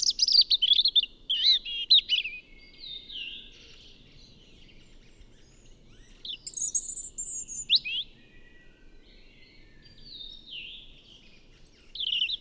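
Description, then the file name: European robin singing short, high, wavering phrases of thin whistles and quick twittering notes, separated by pauses of a few seconds. "Erithacus rubecula"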